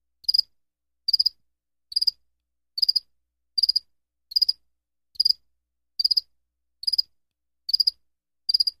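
Cricket steadily chirping, short trilled pulses repeated roughly every 0.8 seconds, no other sounds.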